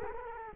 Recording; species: mosquito wingbeat signal from an infrared sensor; Culex quinquefasciatus